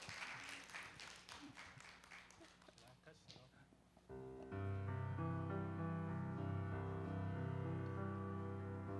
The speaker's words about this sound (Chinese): 要不要再掌声鼓励你一次？ 谢谢。